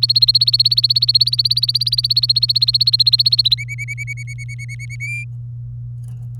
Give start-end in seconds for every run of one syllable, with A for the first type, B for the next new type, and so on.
0.02-3.54 A, 3.57-4.96 B, 5.00-5.24 C